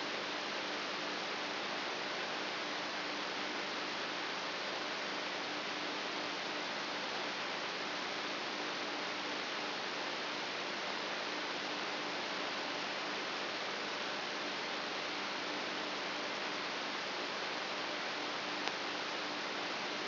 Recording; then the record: brain microelectrode recording played as sound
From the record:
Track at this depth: inside the subthalamic nucleus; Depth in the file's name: 6.016 mm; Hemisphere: left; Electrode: 3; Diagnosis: Parkinson's disease